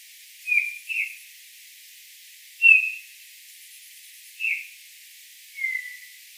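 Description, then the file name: Eurasian bullfinch calls: mellow, low whistles in an uneven series of five, the first two close together, then single notes at irregular gaps. "Pyrrhula pyrrhula"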